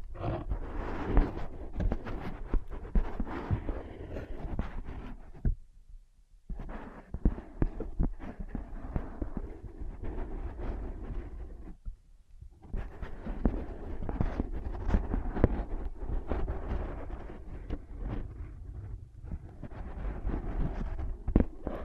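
ASMR tapping and scratching on ear pads, a dense run of soft thuds and rough scraping with frequent sharp taps. The sound drops out briefly twice, around 5.5 and 12 seconds, leaving only a low muffled rumble before the scratching resumes.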